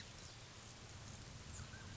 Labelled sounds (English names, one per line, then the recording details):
Mountain Quail
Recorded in Sonoma County, California